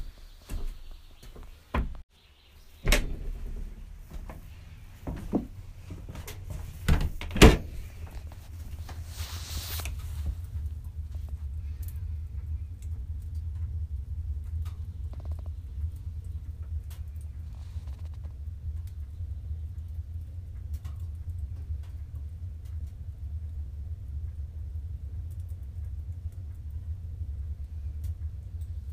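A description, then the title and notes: Footsteps and scattered knocks and clicks fill the first ten seconds, with a sharp bang near seven seconds and a brief hiss just after. A deep, steady roar of the sauna fire then settles in and holds evenly to the end. Sauna in Finland. Walk back to sauna with fire sounds.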